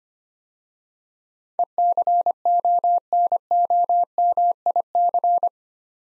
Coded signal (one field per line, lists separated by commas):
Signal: Morse code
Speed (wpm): 25 wpm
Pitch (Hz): 700 Hz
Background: none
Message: ECONOMIC